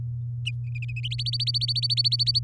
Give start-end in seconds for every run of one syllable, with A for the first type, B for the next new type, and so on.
1.11-2.39 A